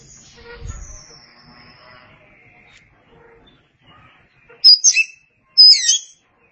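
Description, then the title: Oriental magpie-robin song: soft, faint thin whistles at first, then two loud, sharp, twisting phrases close together near the end. "Suara Kicauan Burung Kacer"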